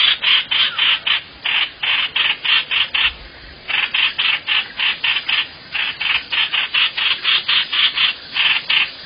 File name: tieng chim hoanh hoach